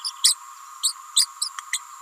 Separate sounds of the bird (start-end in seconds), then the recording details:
0.04-0.11, 0.23-0.35, 0.83-0.94, 1.16-1.26, 1.41-1.49, 1.72-1.79. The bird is a female. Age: 29 days. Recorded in a nest box in Venezuela. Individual 17B31A3